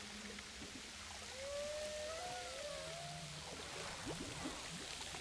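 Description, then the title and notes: Humpback whale with several overlapping tonal moans, gliding up and down, half-buried in constant surging water noise. Several humpback whales off Saint Paul, recorded in heavy swell. "Humpback whales off Saint Paul. baleines à bosse au large de saint paul forte houle"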